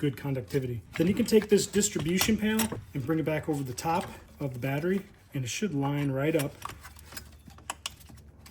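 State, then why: Seated. Someone talks while the plastic fuse/power distribution panel on a 2021+ GMC Yukon/Tahoe/Suburban/Escalade (5.3, 6.2, 3.0) is brought back over the top of the new battery and slid over the post. The talk then fades, followed by a few faint taps and two sharp clicks at 7.7 s and 7.9 s as one side of the panel clips in, seated and secured.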